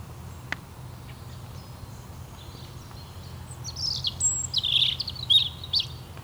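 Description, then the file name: European robin song: a few seconds of low hum with only faint high notes, then a brief burst of high, squeaky, tumbling notes and twitters. "Erithacus rubecula"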